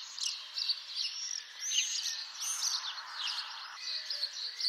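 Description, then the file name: Common swift screaming: dense, high, rasping shrieks from several birds overlapping continuously. "Martinet noir"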